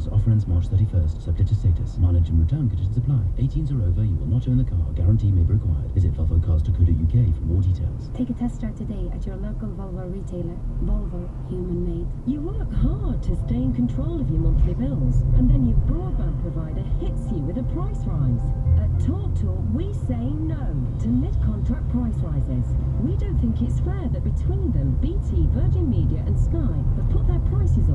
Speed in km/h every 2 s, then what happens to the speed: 34, 35, 35, 39, 39, 40, 42, 44, 44, 40, 39, 40, 40, 40.
0-13 speeds up to 44. 13-28 steady at about 40.